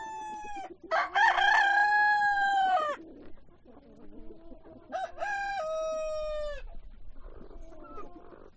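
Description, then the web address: Chicken crowing, two long harmonic crows separated by a pause, with softer clucking in between. Hens and roosters at a poultry farm. "granja avicola sonidos de gallinas y gallos"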